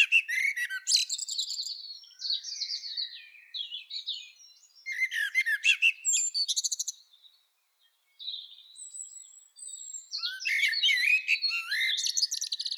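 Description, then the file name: Common blackbird with repeated phrases of squeaky, twittering notes and scratchy chirps, separated by short pauses, over a quiet background. "Turdus merula"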